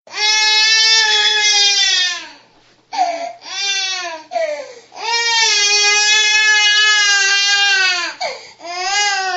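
A high-pitched infant cry comes in sustained wails of about two to three seconds, separated by short gasping breaths and a few brief sobs. The tone is strong, shrill and evenly pitched, a typical vigorous baby cry in a quiet room.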